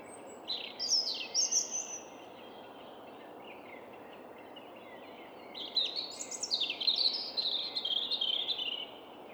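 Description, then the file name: European robin singing a short sweet high phrase, then after a pause a longer trilling, wavering run of thin notes, set against constant low hiss. "Erithacus rubecula"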